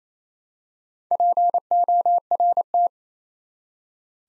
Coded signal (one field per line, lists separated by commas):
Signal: Morse code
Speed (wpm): 27 wpm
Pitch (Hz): 700 Hz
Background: none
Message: PORT